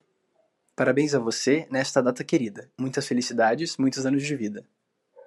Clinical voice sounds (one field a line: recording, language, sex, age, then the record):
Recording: short text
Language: Brazilian Portuguese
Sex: male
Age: 20 to 29 years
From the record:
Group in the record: control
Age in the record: 20 years